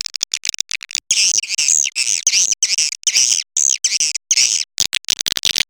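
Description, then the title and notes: Swiftlet chirps: bursts of shrill, squeaky twitters of varying length, broken by short abrupt gaps. Swiftlet farming in Asia. "Swiflet Bird Sound. Farming Swiflet Bird asia sound"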